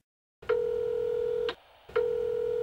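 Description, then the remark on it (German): An answering machine's tone before a message: two long, steady electronic beeps, each about a second, with a short gap between them. The pure mid-pitched tone is loud, with a faint higher overtone, and no voices. “Sie hören eine Nachricht auf dem Anrufbeantworter.”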